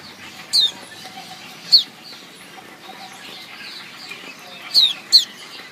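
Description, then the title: White-eye chirps, four short high downslurred notes in under six seconds, the last two close together, over soft hiss and twitter. Female; chirping used as therapy to prompt silent birds to sing. "Suara Kicau Pleci Betina Terapi Pleci Mbisu"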